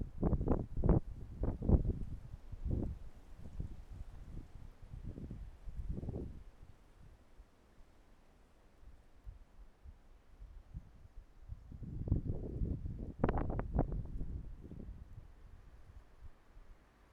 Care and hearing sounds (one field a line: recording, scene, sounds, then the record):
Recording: everyday scene through a hearing-aid microphone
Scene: wind on the microphone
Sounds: wind, traffic, birds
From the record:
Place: suburban garden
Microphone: behind the ear, right, front